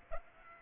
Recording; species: mosquito wingbeat signal from an infrared sensor; Aedes aegypti